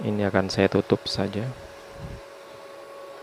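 Someone talks while swinging the metal side cover of the wire-feed compartment on a MIG-MMA/TIG 160 A-SC welding machine shut. The speech ends around 1.5 s, followed by a faint low thud near 2.0–2.2 s and a steady hum with a faint tone until the end. The cover has not yet clicked into place.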